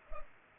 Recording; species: mosquito wingbeat signal from an infrared sensor; Culex pipiens